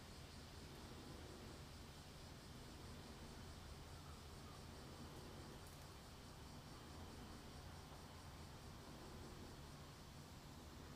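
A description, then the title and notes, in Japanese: A garden recording with a washing machine running: a dense, steady low rumble churns without pause for the whole stretch. Above it, a continuous high shimmer of cicadas holds an even level, with a brief bright tick near the middle. 洗濯機が止まるまで庭を録ってみた。中盤あたりから騒がしくなります(セミのせい)。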